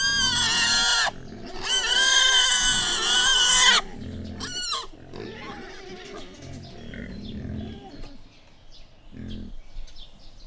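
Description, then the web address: Wild boar squealing: two long, loud, piercing harmonic shrieks, the second lasting over two seconds, then a brief squeal and softer grunting and snuffling. Captive wild boar squealing, recorded at a zoo in Jászberény in 2015. "jaszberenyizoo 2015 professzionalis vaddiszno"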